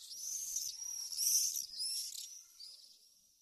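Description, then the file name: Common swift giving shrill, high screaming calls in drawn-out, slightly wavering trills that swell and fade. "JERZYK"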